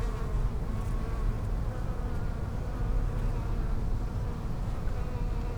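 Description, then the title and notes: Bees humming in a constant low drone with faint overlapping wingbeat tones. Bees in lavender in the palliative care service garden of Hôpital Brugmann, Brussels, Belgium, a peaceful spot apart from other hospital pavilions; recorded with Sony PCM-M10 internal microphones. "Hôpital Brugmann, Place Arthur Van Gehuchten, Bruxelles, Belgique - bees in the palliative care services garden. Bees in the lavender from the palliative care service's garden. Abeilles dans la lavande, jardin du service de soins palliatifs"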